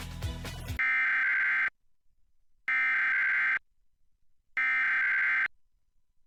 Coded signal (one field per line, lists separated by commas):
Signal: Emergency Alert System (SAME) tones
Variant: header bursts